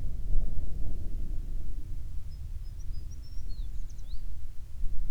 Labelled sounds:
songbird, wind
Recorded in the Prudhoe Bay oil fields, Alaska, on 9 June 2019 at 16:18
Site 21

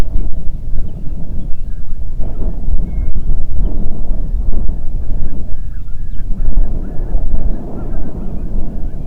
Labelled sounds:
waterfowl, wind
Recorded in the Prudhoe Bay oil fields, Alaska, on 8 June 2019 at 04:16
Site 30

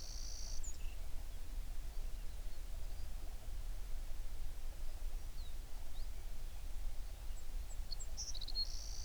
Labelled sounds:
songbird
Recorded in the Prudhoe Bay oil fields, Alaska, on 11 June 2019 at 04:42
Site 21

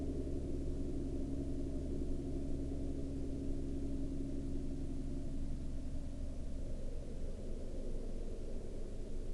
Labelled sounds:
aircraft
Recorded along the Dalton Highway, Alaska, on 2 April 2019 at 05:28
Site 08

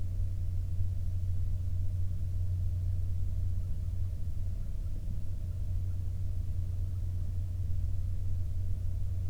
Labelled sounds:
bird, aircraft
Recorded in the Prudhoe Bay oil fields, Alaska, on 21 May 2019 at 03:27
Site 23

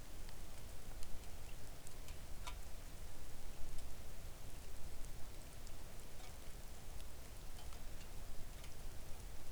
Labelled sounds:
seabird, rain
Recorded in the Arctic National Wildlife Refuge, Alaska, on 3 August 2019 at 05:45
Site 41

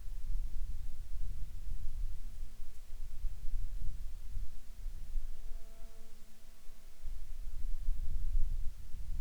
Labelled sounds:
wind, insects
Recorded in Ivvavik National Park, Yukon, on 13 July 2019 at 23:22
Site SINP03

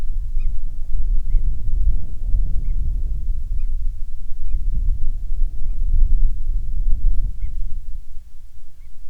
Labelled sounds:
bird, wind, insects
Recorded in the Prudhoe Bay oil fields, Alaska, on 10 July 2019 at 14:00
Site 14

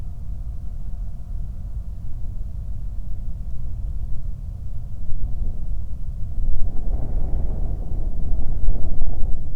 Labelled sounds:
flare stack, wind
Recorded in the Prudhoe Bay oil fields, Alaska, on 8 July 2019 at 00:49
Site 25

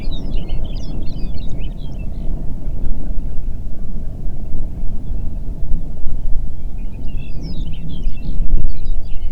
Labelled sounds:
songbird, waterfowl, wind
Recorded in the Prudhoe Bay oil fields, Alaska, on 8 June 2019 at 04:29
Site 30

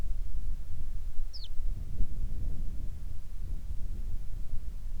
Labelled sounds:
songbird, wind
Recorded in the Arctic National Wildlife Refuge, Alaska, on 3 August 2019 at 10:45
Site 41

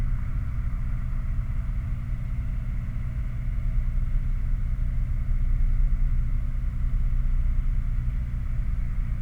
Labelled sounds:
machinery, flare stack
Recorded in the Prudhoe Bay oil fields, Alaska, on 11 August 2019 at 22:20
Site 29

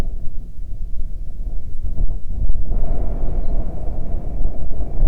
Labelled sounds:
wind
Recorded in the Prudhoe Bay oil fields, Alaska, on 9 June 2019 at 16:52
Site 21

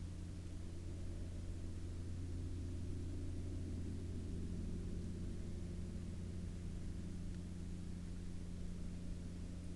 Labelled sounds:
aircraft
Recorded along the Dempster Highway, Canada, on 6 September 2019 at 08:03
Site 19

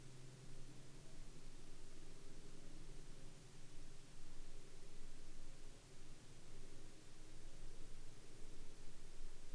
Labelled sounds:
aircraft
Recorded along the Dempster Highway, Canada, on 2 May 2020 at 10:30
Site 15

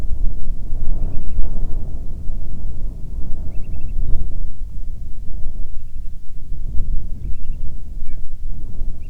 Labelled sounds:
bird, wind
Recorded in the Arctic National Wildlife Refuge, Alaska, on 9 July 2019 at 21:56
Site 48

